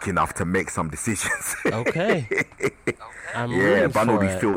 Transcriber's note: laughter